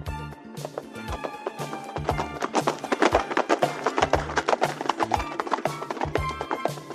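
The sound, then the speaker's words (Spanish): Rhythmic, quick hoofbeats like a horse galloping, repeating steadily over a bright melodic musical backing at moderate loudness, with no talking. “Galopo por la sabana y soy prima del caballo.”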